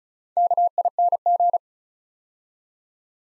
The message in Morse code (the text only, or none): KING